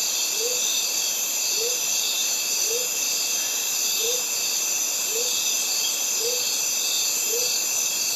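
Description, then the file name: Cicadas keep up a continuous shrill buzzing chorus while a soft, low hoot sounds roughly once a second, seven times in all. Cicadas recorded together with birds in a Mediterranean forest. "Cicadas and Birds in mediterranean forest"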